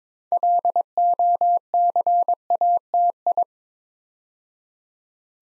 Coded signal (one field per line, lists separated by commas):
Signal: Morse code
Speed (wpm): 23 wpm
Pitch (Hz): 700 Hz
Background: none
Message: LOCATI